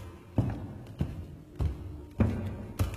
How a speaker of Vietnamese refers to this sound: Nhiều đêm có khi cả hai đang ngủ ở trên gác, lại rùng mình thức dậy bởi nghe có tiếng bước chân lục cục đâu đây.